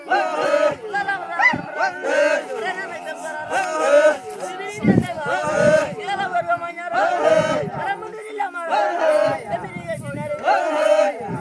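A Maasai group performs a jumping chant: many voices sing and call together in a continuous, rhythmic pattern that swells every second or two. Low thuds land every few seconds, and outdoor crowd chatter fills the background.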